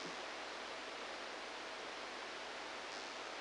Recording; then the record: brain microelectrode recording played as sound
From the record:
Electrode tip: inside the subthalamic nucleus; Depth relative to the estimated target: 1 mm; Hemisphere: right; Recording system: NeuroSet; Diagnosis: Parkinson's disease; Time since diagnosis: 10 years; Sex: male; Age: 63 years